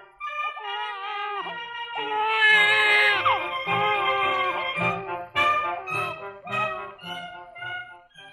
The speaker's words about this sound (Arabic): فتشوا في كل مكان، لقد سمعتم من كبير المنجمين العلامة، إن في صيحة الوليد الموعود زجرة.